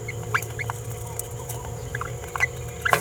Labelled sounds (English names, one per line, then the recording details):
Green-rumped Parrotlet babbling
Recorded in a nest box in Venezuela
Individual 18B17A4